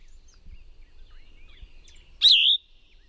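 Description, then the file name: Plumbeous vireo song, a single short burry phrase that drops then levels off, heard once over quiet background hiss. "PLVI song"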